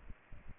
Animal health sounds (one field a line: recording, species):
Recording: mosquito wingbeat signal from an infrared sensor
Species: Aedes aegypti